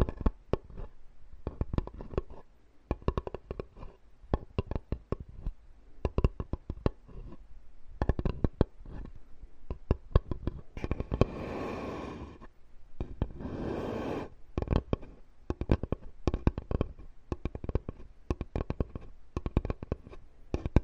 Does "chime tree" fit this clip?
no